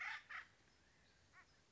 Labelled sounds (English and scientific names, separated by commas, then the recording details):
Acorn Woodpecker (Melanerpes formicivorus)
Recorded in Sonoma County, California